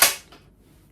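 A touch console for a MAXHUB XCore Kit for Microsoft Teams Rooms is slid sideways off its plastic/metal mount bracket. A sharp click or clack sounds at 0.0 s as it comes off, followed by a fainter knock at about 0.3 s. The console is released from the bracket.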